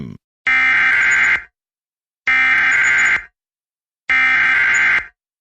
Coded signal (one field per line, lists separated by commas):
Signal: Emergency Alert System (SAME) tones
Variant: header bursts